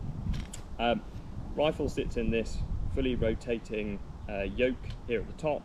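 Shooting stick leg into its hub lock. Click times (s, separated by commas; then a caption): 0.5 s. A leg of a set of Primos Trigger Sticks shooting sticks, swung out nearly horizontal, is pulled back into its normal position, and its lock snaps back into the hub with a sharp click at 0.5 s, seating it. Someone then talks over the rest of the clip.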